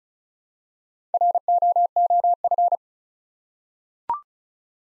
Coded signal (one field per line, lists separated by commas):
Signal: Morse code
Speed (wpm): 36 wpm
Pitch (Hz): 700 Hz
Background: none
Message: ROOF